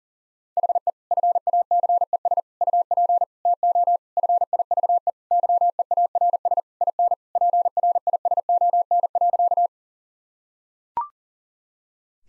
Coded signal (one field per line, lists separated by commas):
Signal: Morse code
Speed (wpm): 40 wpm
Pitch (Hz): 700 Hz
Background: none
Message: HE FACES UP TO FIVE YEARS IN PRISON.